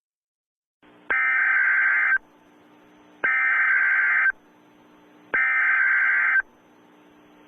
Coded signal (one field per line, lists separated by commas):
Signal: Emergency Alert System (SAME) tones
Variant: header bursts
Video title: EAS Scenario: Civil Emergency Warning